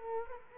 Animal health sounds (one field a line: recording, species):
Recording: mosquito wingbeat signal from an infrared sensor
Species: Culex quinquefasciatus